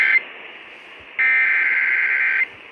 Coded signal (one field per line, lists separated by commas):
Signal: Emergency Alert System (SAME) tones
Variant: header bursts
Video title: TOR AFTER TOR... EAS Alerts from 11/5/18 - 11/6/18 (EAS #1,900 - 1,922)